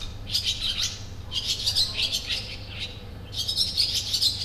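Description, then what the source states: Sand martin calls in bursts of scratchy, twittering chirps with short pauses between bursts, over a steady low hum. In nature, 2016.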